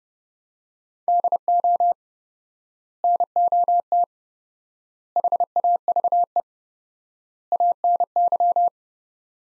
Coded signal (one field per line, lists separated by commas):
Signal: Morse code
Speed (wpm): 30 wpm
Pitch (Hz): 700 Hz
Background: none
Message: DO NOT HAVE ANY